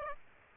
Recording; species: mosquito wingbeat signal from an infrared sensor; Aedes aegypti